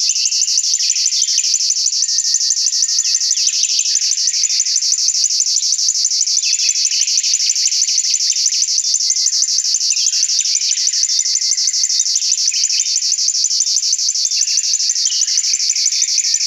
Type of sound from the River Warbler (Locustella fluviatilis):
song